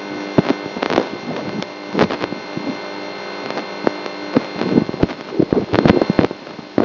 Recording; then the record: brain microelectrode recording played as sound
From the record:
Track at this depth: inside the subthalamic nucleus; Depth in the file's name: 0.006 mm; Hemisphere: left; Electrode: 2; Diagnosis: Parkinson's disease